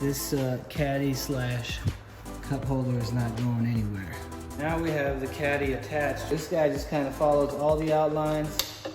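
A plastic cover piece is handled and fitted over the caddy/cup holder on a Teeter FitSpine LX9 inversion table frame, following its outlines, while someone talks over music. Nothing has seated or clicked yet.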